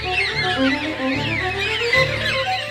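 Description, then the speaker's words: Black cockatoos giving wailing, wavering calls that rise and fall, several birds overlapping at once, over a low steady hum. A flock flying overhead, the birds calling simultaneously. "when a flock of black cockatoos flies overhead, calling simultaneously, the sound just gets right into your heart."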